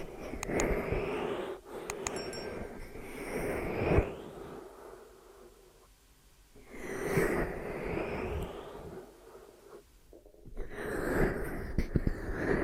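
Ear massage and cleaning sounds: muffled rubbing and rustling swells in long waves, each lasting a few seconds, around 0–4, 6.5–9 and 10.5–12.5 seconds. Between them are quieter gaps, with scattered sharp clicks and crackles in the busier stretches.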